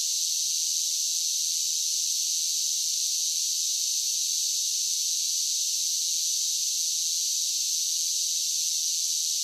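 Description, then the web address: Cicadas droning together, a dense high whining buzz that stays level and continuous with no breaks or other sounds. A large group of cicadas singing in a steady drone. "Blast Wave 5 1 5 1 SSFX Cicadas Sing. animal cicadas large group steady drone insects bugs"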